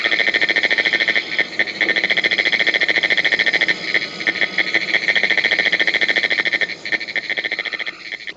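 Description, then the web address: Tree frogs calling in a dense chorus of rapid, pulsing creaky notes that run on almost without a break. "Hylidae"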